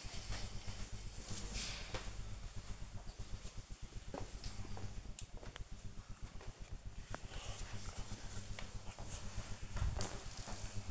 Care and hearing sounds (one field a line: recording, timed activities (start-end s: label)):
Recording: household activities, microphone on the right wrist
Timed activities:
5.74-10.91 s: floor cleaning